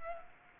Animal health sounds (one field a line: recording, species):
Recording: mosquito wingbeat signal from an infrared sensor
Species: Culex pipiens